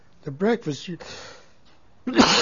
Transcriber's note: he coughs